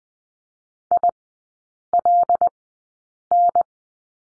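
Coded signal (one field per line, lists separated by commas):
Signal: Morse code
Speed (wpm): 20 wpm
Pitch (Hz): 700 Hz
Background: none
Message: ILN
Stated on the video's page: Morse course lesson on three-character groups with the number 5, Farnsworth speed 20/10 wpm.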